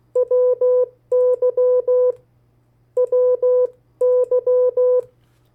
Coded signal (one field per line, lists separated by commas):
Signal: Morse code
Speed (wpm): 16 wpm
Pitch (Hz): 500 Hz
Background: none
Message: WY WY